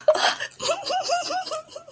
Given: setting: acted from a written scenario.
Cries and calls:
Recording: vocal sound without words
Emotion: distress

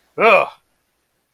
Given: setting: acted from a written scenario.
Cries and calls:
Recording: vocal sound without words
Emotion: disgust

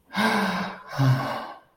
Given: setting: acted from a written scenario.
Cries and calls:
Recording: vocal sound without words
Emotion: romantic love

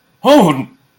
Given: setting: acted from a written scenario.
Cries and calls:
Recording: vocal sound without words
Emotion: distress

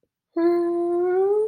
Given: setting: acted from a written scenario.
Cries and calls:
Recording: vocal sound without words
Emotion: sympathy

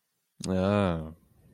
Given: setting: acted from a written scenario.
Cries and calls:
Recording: vocal sound without words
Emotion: contempt

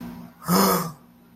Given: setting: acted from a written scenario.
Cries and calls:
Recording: vocal sound without words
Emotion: distress

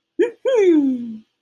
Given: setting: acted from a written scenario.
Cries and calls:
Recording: vocal sound without words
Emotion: pride

